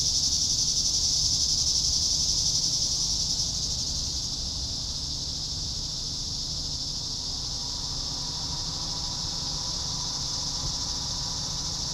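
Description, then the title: Cicada chorus buzzing high and steady, louder for the first four seconds, then continuing softer. "neoscenes: cicadas"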